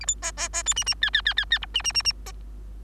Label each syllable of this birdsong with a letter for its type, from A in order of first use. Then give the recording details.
A B C C C D E E F F F F F G E E E E C. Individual Bird3